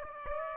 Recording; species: mosquito wingbeat signal from an infrared sensor; Aedes aegypti